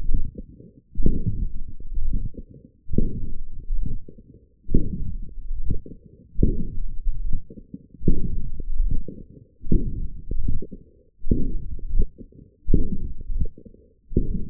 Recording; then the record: forearm muscle sounds (acoustic myography)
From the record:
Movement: forearm pronation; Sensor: system 1, eight BSWA MPA416 microphones around the upper forearm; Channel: 8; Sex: male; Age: 21 years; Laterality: right